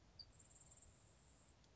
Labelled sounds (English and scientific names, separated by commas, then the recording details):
Grasshopper Sparrow (Ammodramus savannarum)
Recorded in Sonoma County, California